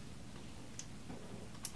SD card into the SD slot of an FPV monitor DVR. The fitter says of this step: there we go and oh and i made a nice click noise when it went into